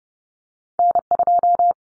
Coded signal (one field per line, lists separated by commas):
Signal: Morse code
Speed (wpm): 30 wpm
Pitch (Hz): 700 Hz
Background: none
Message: N2